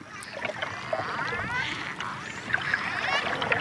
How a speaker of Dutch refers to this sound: We hebben ook het geluid van dolfijnen, want dat is natuurlijk altijd leuk om te horen. Ja. Hoe die met elkaar communiceren.